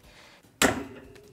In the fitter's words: and very simply they just click into place